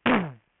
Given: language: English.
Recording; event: throat vibration sensor signal played as sound; throat clearing